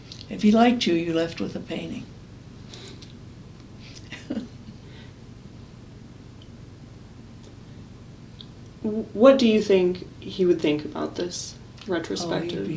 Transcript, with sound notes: If he liked you, you left with a painting. [laughs]
What do you think he would think about this retrospective?